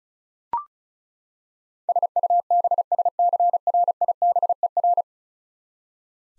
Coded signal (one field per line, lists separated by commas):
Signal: Morse code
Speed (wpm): 36 wpm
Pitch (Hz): 700 Hz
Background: none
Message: SUBSCRIBER